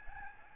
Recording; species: mosquito wingbeat signal from an infrared sensor; Aedes albopictus